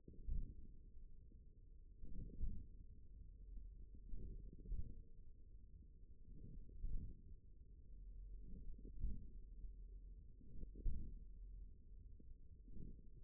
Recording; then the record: forearm muscle sounds (acoustic myography)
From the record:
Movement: hand closing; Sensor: system 1, eight BSWA MPA416 microphones around the upper forearm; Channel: 4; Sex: male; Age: 41 years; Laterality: right